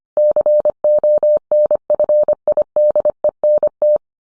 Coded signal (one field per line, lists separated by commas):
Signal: Morse code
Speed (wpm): 25 wpm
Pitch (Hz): 600 Hz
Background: none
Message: CONFIDENT